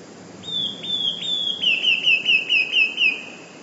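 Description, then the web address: Eurasian blue tit song: three drawn-out high notes, then a rapid series of short falling notes forming a trill, over light background noise. "wroblowe teka 2 spiew. modraszkoteka"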